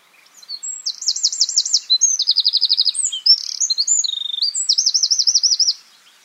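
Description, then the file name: Eurasian wren delivering a vigorous song of piercing notes and several machine-gun trills, lasting about five seconds. "Troglodytes troglodytes"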